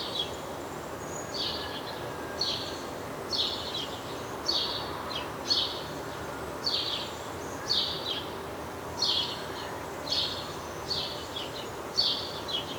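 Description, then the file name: House sparrow chirping steadily, about a dozen short chirps repeated roughly every second against a noisy hiss. "Passer domesticus"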